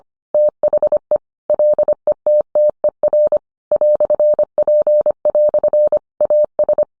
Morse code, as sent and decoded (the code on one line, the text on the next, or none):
- .... . / .-.. . - - . .-. / .-..-. .--. .-..-. / .- ...
THE LETTER "P" AS